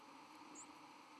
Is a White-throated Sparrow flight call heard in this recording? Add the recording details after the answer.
no. Another species' flight call is heard. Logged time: 07:38 on 31 October 2014